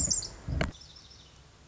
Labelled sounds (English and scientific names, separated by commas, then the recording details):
Pacific Wren (Troglodytes pacificus)
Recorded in Sonoma County, California